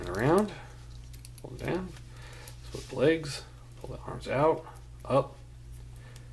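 Someone talks while handling the plastic arm joint of a Perfect Effect Reflector transforming toy figure, pulling the legs down and then pulling the arms out and up. Faint, brief plastic handling ticks sit under the speech. Nothing has seated or clicked into place yet.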